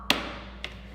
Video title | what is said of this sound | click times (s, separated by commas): Top 7 Best Photo Light Boxes in 2023 | and you'll hear a pop | 0.1 s